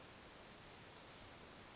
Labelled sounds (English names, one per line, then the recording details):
Oak Titmouse
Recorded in Sonoma County, California